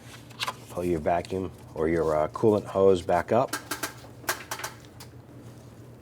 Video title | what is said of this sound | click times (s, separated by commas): How to Replace Variable Valve Timing Solenoid 2000-2006 Toyota Tundra | You push it on, you'll hear it click into place. | 0.4 s